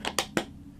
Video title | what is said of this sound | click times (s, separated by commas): Handmade Sunflowers Card with Stampin' Up! Celebrate Sunflowers | you hear that click and a quick swipe | 0.2 s, 0.4 s